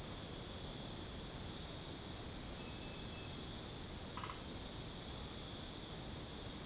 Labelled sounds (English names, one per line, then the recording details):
none
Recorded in secondary vegetation near Puerto Asís, Putumayo, Colombia, on 21 December 2024 at 22:30
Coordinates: 0.489, -76.322
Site G059